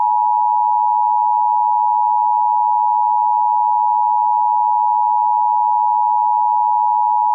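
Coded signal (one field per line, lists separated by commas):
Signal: Emergency Alert System (SAME) tones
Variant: 853 and 960 Hz attention tone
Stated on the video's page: Fictional Twitter EAS scenario made for entertainment, using valid EAS tones.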